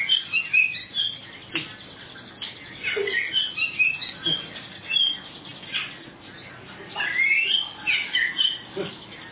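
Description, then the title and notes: Oriental magpie-robin song: bursts of sharp chirps and quick whistled phrases in short clusters with brief pauses between them. "suara kacer. kumpulan suara burung kacer"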